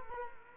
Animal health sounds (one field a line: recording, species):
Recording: mosquito wingbeat signal from an infrared sensor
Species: Culex quinquefasciatus